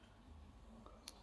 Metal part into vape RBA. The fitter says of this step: klik oke udah klik juga ini